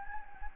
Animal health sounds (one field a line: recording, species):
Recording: mosquito wingbeat signal from an infrared sensor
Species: Anopheles gambiae